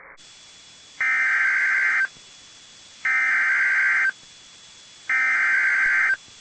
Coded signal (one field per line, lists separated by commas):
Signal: Emergency Alert System (SAME) tones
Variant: header bursts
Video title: EAS 1338-1346 (3/14/22)